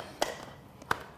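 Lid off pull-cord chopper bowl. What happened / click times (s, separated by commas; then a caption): The plastic lid unlatched from the bowl / 0.2 s, 0.9 s. After chopping, the plastic lid of a pull-cord chopper is unlocked from its bowl. Two sharp clicks are heard at 0.2 s and 0.9 s, with a faint tick just before the second, and the lid comes free.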